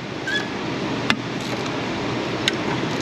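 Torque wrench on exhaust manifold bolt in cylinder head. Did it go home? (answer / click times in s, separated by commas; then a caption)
yes / 2.5 s. A click-type torque wrench tightens an exhaust manifold bolt into the cylinder head of a Silverado 5.3/4.8/6.0 engine, set to 11 foot-pounds for the first pass of a dual-pass torque spec. Over a steady background hiss, a sharp click is heard at 1.1 s, and the wrench gives its confirmed click at 2.5 s, showing the bolt has reached the torque setting.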